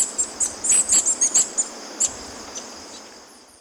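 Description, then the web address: Golden-eared tanager giving thin, very high chips in a quick irregular burst, then a lone note after a pause, over a faint steady hiss. Recorded in Ecuador. "Natures Songs S America Birds of Ecuador. Golden-Eared Tanager"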